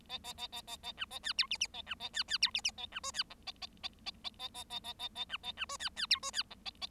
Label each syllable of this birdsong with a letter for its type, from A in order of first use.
A A A A A A B A C D E E A B A C C D E E A B F C G A A A A A A A A A A A B A B F C C D F C G A A